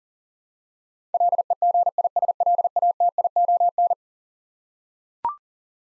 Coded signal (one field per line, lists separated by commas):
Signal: Morse code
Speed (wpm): 40 wpm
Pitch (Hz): 700 Hz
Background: none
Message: LEGISLATION